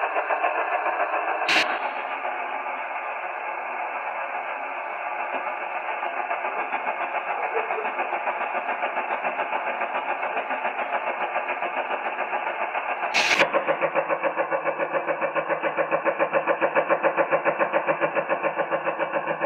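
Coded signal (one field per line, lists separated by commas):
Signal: radar signal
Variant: Russian Woodpecker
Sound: rapid rhythmic tapping buzz, about eight pulses a second, over harsh radio hiss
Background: radio static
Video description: The audio at the beginning is the "new" Russian woodpecker which appears across 34 MHz.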